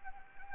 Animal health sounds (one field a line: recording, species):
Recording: mosquito wingbeat signal from an infrared sensor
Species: Anopheles arabiensis